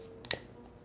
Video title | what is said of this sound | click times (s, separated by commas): Unboxing figurine Dragon Ball Goku Migatte no Gokui (Non Maitrisé) Grandista Nero | ça s'enclenche très facilement aujourd'hui il n'y a pas de jeu c'est bon | 0.3 s